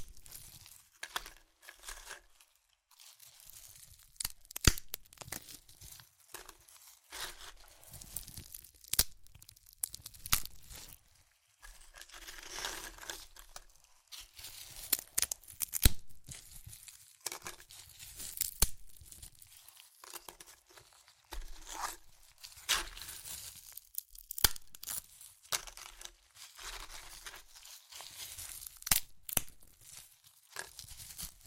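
Crunchy chips being crushed and eaten, irregular bursts of sharp crackling and crinkling with brief quiet gaps, steady throughout.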